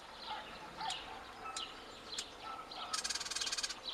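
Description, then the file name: Eurasian blackcap giving a few short, hard clicking tac calls, then a quick dry rattle of pulses near the end, over a soft background of other birds. "Sylvia atricapilla"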